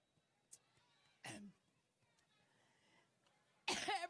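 A woman coughing: two harsh, dry cough bursts about two seconds apart over quiet room noise, part of another of her coughing fits.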